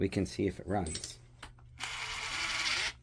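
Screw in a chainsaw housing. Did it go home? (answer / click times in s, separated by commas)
no / 1.4 s, 1.6 s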